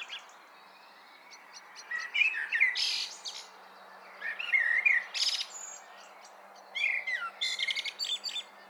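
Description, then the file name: Common blackbird song over steady background hiss: three phrases of warbling notes with loud high scratchy endings, separated by pauses. "Turdus merula"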